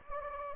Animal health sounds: mosquito wingbeat signal from an infrared sensor; Anopheles gambiae

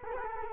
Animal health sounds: mosquito wingbeat signal from an infrared sensor; Culex quinquefasciatus

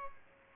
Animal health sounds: mosquito wingbeat signal from an infrared sensor; Aedes albopictus

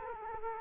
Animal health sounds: mosquito wingbeat signal from an infrared sensor; Culex quinquefasciatus

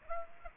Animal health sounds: mosquito wingbeat signal from an infrared sensor; Aedes aegypti

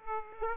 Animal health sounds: mosquito wingbeat signal from an infrared sensor; Aedes aegypti

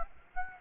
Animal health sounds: mosquito wingbeat signal from an infrared sensor; Aedes aegypti

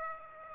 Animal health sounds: mosquito wingbeat signal from an infrared sensor; Aedes aegypti

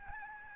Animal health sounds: mosquito wingbeat signal from an infrared sensor; Aedes albopictus

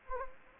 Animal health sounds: mosquito wingbeat signal from an infrared sensor; Anopheles gambiae

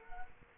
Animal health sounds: mosquito wingbeat signal from an infrared sensor; Culex quinquefasciatus

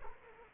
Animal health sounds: mosquito wingbeat signal from an infrared sensor; Culex quinquefasciatus

